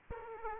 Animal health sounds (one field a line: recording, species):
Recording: mosquito wingbeat signal from an infrared sensor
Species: Aedes aegypti